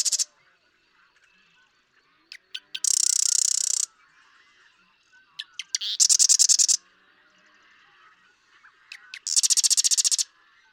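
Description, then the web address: Marsh Wren song: three loud, mechanical rattling trills, each about a second long, introduced by scattered ticking clicks, with quiet gaps between them. "birdsongforthecurious Marsh Wren"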